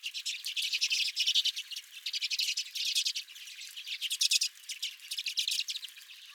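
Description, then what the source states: Redpoll flock chatter, fast dry trilled notes repeated in quick pulsing bursts, several birds calling over one another without pause. Redpolls at the recordist's feeder.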